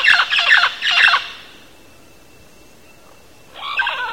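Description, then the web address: Mealy parrot squawks: three harsh, loud calls in quick succession, a pause of about two seconds, then another burst of raspy calls at the end. Recorded in Belize. "belize birds birdsongs mealy-parrot"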